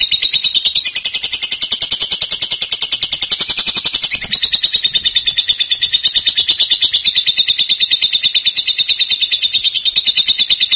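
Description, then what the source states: Lovebird delivering a long, unbroken, rapid stuttering chatter, high and buzzy, with pitch swelling and falling slightly throughout. Song style locally called konslet.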